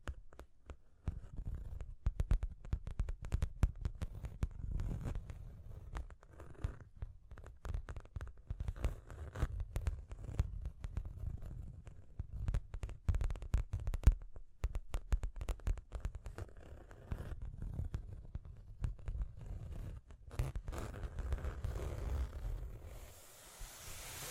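Tapping and scratching go on almost without pause for about twenty-three seconds: dense, irregular clicks and sharp taps laid over a dull, rumbling scrape. The sound is mostly low and muffled, with brief bright ticks scattered throughout. It stops near the end, leaving a soft hiss.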